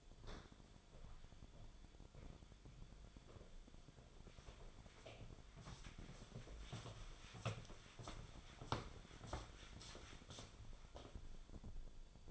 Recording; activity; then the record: daily activity, microphone in the room; walk to room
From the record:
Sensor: 5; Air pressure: 1010.2 hPa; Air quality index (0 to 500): 138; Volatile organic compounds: 3 ppm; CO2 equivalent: 1352 ppm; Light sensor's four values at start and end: 265/664/278/305 and 262/642/273/303